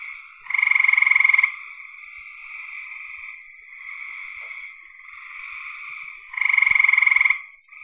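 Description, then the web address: Frog calls: loud, rapid pulsed trills at the start and end, separated by a stretch of softer, wavering buzzing. "cn frogs"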